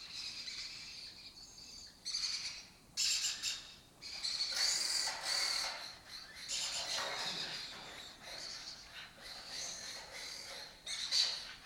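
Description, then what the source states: Lesser kestrel calls, dense rasping chatter in waves of bursts. Colony nesting in an abandoned building in Doñana; migratory raptor that forages in West Africa and breeds in southern Europe.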